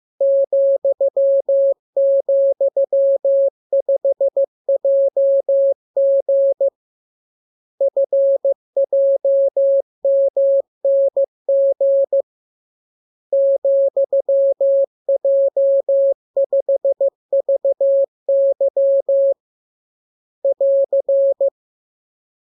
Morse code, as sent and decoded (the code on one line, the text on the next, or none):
--..-- --..-- ..... .--- --. / ..-. .--- -- -. --. / --..-- .--- ..... ...- -.-- / .-.-.
,,5JG FJMNG ,J5VY <AR>